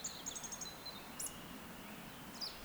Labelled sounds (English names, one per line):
Eurasian Woodcock whistle